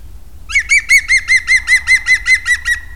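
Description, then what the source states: European green woodpecker calling: a rapid series of many sharp, ringing notes at a steady pace, gently falling in pitch, then silence. Contact call and shout.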